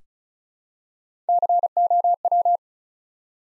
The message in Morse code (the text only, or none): COW